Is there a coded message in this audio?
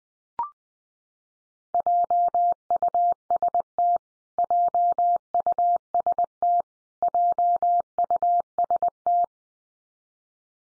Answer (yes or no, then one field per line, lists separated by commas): yes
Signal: Morse code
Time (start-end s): 1.7-9.2 s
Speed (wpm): 20 wpm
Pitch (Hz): 700 Hz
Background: none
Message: JUST JUST JUST